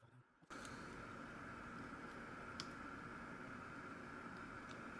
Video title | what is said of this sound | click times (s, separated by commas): Nintendo DS Fat Reshell and Capture Card Installation | all right there we go seems to be locking the place pretty nicely now | 2.6 s